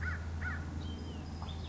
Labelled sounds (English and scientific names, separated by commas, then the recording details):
American Crow (Corvus brachyrhynchos)
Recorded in Sonoma County, California